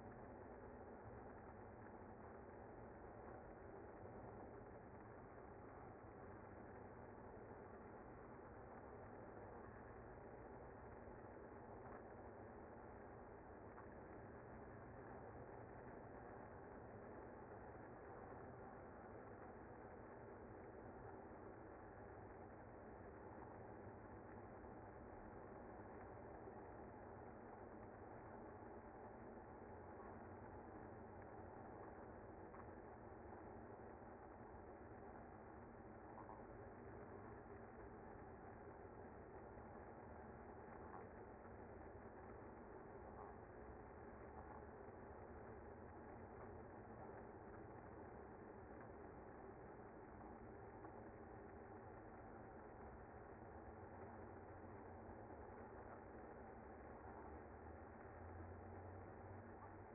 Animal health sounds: honeybee colony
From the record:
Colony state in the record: active

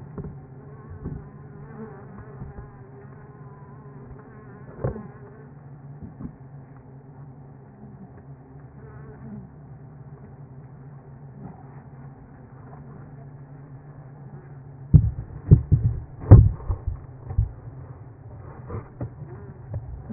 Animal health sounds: honeybee colony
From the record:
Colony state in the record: active

